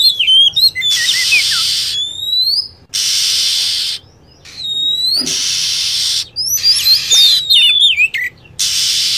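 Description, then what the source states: Lovebird calls, sharp chirps and short rising and falling whistles, broken by several bursts of steady loud hiss. Lure sound used to attract birds.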